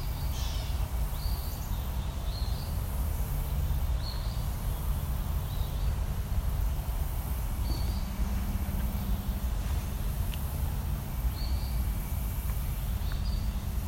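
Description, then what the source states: Eastern phoebe singing short, high buzzy phrases repeated at irregular intervals, heard over a constant low rumble. In a wildlife area around 9:30; singing unusually late in the year; the song sounds like its name, 'Phoebe, Phoebe'.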